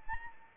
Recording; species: mosquito wingbeat signal from an infrared sensor; Anopheles arabiensis